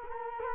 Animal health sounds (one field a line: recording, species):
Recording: mosquito wingbeat signal from an infrared sensor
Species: Culex quinquefasciatus